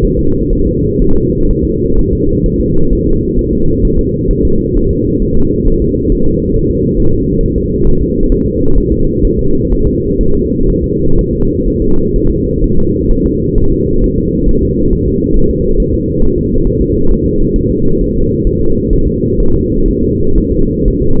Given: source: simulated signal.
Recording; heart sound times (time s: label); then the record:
fetal heart sounds
0.05 s: S1
0.19 s: S2
0.53 s: S1
0.67 s: S2
1.02 s: S1
1.16 s: S2
1.51 s: S1
1.65 s: S2
1.99 s: S1
2.13 s: S2
2.46 s: S1
2.61 s: S2
2.93 s: S1
3.07 s: S2
3.39 s: S1
3.53 s: S2
3.85 s: S1
3.99 s: S2
4.31 s: S1
4.45 s: S2
4.77 s: S1
4.91 s: S2
5.22 s: S1
5.37 s: S2
5.68 s: S1
5.82 s: S2
6.12 s: S1
6.27 s: S2
6.56 s: S1
6.71 s: S2
7.00 s: S1
7.14 s: S2
7.43 s: S1
7.58 s: S2
7.87 s: S1
8.02 s: S2
8.32 s: S1
8.46 s: S2
8.78 s: S1
8.92 s: S2
9.25 s: S1
9.39 s: S2
9.72 s: S1
9.87 s: S2
10.21 s: S1
10.35 s: S2
10.70 s: S1
10.84 s: S2
11.19 s: S1
11.33 s: S2
11.68 s: S1
11.82 s: S2
12.16 s: S1
12.30 s: S2
12.64 s: S1
12.78 s: S2
13.11 s: S1
13.26 s: S2
13.58 s: S1
13.72 s: S2
14.04 s: S1
14.18 s: S2
14.49 s: S1
14.63 s: S2
14.93 s: S1
15.08 s: S2
15.37 s: S1
15.51 s: S2
15.80 s: S1
15.94 s: S2
16.23 s: S1
16.38 s: S2
16.67 s: S1
16.81 s: S2
17.11 s: S1
17.26 s: S2
17.56 s: S1
17.70 s: S2
18.01 s: S1
18.16 s: S2
18.47 s: S1
18.61 s: S2
18.93 s: S1
19.08 s: S2
19.40 s: S1
19.55 s: S2
19.88 s: S1
20.03 s: S2
20.38 s: S1
20.52 s: S2
20.88 s: S1
21.02 s: S2
From the record:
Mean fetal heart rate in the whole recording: 130 bpm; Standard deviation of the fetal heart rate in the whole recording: 4 bpm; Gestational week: 38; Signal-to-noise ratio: -17.7 dB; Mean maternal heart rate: 72 bpm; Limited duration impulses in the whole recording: present